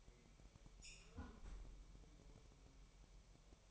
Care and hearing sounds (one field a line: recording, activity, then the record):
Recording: daily activity, microphone in the room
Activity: close fridge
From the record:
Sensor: 1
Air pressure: 1002.0 hPa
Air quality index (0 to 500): 243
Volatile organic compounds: 49 ppm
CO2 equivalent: 3276 ppm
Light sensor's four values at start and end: 8/28/10/11 and 8/28/10/11